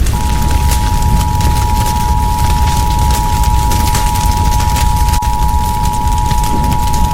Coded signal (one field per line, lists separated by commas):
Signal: Emergency Alert System (SAME) tones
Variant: 853 and 960 Hz attention tone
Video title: EAS Scenario: PC Explodes